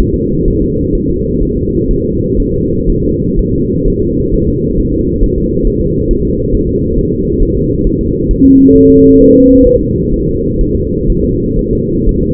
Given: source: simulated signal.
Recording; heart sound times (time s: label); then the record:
fetal heart sounds
0.00 s: S1
0.14 s: S2
0.48 s: S1
0.62 s: S2
0.95 s: S1
1.09 s: S2
1.43 s: S1
1.57 s: S2
1.91 s: S1
2.05 s: S2
2.40 s: S1
2.54 s: S2
2.89 s: S1
3.04 s: S2
3.39 s: S1
3.53 s: S2
3.88 s: S1
4.02 s: S2
4.34 s: S1
4.48 s: S2
4.80 s: S1
4.94 s: S2
5.24 s: S1
5.38 s: S2
5.67 s: S1
5.81 s: S2
6.11 s: S1
6.25 s: S2
6.55 s: S1
6.69 s: S2
6.98 s: S1
7.13 s: S2
7.42 s: S1
7.57 s: S2
7.87 s: S1
8.01 s: S2
8.31 s: S1
8.45 s: S2
8.76 s: S1
8.90 s: S2
9.21 s: S1
9.35 s: S2
9.67 s: S1
9.81 s: S2
10.14 s: S1
10.28 s: S2
10.61 s: S1
10.75 s: S2
11.10 s: S1
11.24 s: S2
11.59 s: S1
11.73 s: S2
12.09 s: S1
12.23 s: S2
From the record:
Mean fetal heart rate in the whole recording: 130 bpm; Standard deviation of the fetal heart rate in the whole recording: 4 bpm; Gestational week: 38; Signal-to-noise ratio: -14.7 dB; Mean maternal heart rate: 72 bpm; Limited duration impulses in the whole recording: present